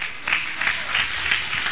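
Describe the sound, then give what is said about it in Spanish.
A church audience applauds Christ during a sermon, a steady wash of many hands clapping with a faint rhythmic pulse running through it, sustained at moderate volume with no one speaking over it. “Ok, un aplauso a Cristo.”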